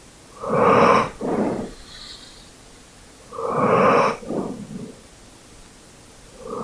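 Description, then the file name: Dog breathing in two sets of paired heavy breaths, each a loud breath followed by a softer one, about three seconds apart. "dog asmr"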